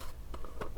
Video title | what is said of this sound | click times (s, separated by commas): Starting to Load for the M1 Garand | and it snaps out kind of coarsely | 0.3 s, 0.4 s